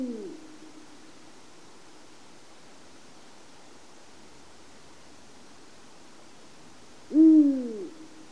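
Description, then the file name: Eurasian eagle-owl giving deep, low hoots; one hoot fades out at the start, then a long silent gap before a second, louder hoot with a falling tail. Recorded in Dohoku, Hokkaido, Japan, on 5 March 2010. "washimimizuku 100305 dohoku hanada"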